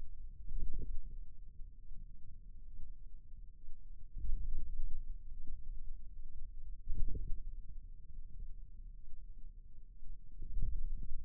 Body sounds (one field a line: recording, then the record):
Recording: forearm muscle sounds (acoustic myography)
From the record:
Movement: wrist extension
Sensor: system 2, bracelet of six BSWA MPA416 microphones around the upper forearm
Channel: 6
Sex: male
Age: 22 years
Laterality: right